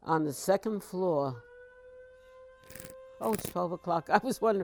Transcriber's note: siren